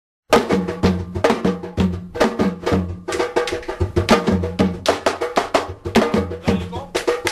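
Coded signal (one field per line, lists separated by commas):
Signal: talking drum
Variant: Wolof sabar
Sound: fast, dense sabar drum strokes from two drummers, sharp slaps and deeper tones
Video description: On the Grammar of a Senegalese Drum Language: Yoad Winter Supporting Materials Clip 1: Two Lebou Wolof griots playing a praise song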